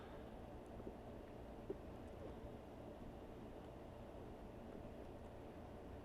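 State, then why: Not seated. A plastic part for a large Starship Enterprise refit scale model with lighting is lined up and worked up under a small lip on the model hull before being pushed home. Only a steady low rumbling background is heard, with faint handling sounds. Nothing has seated or clicked yet.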